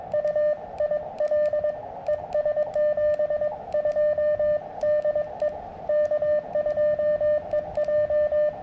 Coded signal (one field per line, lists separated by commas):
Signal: Morse code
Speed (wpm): 22 wpm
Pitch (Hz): 600 Hz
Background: radio noise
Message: U IL ES 72 DE K2EJ